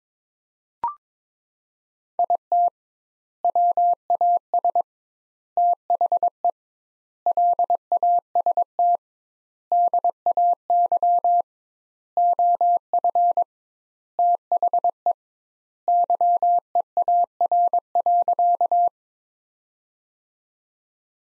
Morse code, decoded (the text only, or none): IT WAS THE LAST DAY OF THE YEAR.